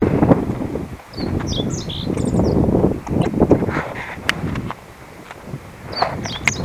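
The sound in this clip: Meadow bunting song: a brief, bright phrase of quick high chirps early on, then fainter similar notes near the end, heard through strong wind and rustling.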